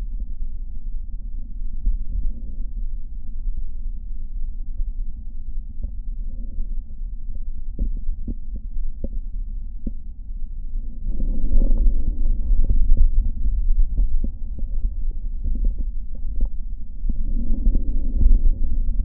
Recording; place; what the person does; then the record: lung sounds by stethoscope; left posterior basal chest; quiet breathing, then deep breathing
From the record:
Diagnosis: interstitial lung disease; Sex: male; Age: 61 years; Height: 172 cm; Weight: 71 kg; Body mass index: 24.0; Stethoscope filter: diaphragm mode